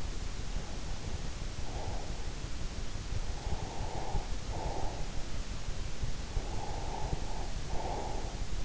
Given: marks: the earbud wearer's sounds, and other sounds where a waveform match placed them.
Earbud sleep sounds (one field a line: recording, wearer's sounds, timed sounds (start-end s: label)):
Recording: sounds in sleep by an in-ear microphone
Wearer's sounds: breath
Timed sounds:
0.47-2.36 s: breath
3.20-5.28 s: breath
6.26-8.65 s: breath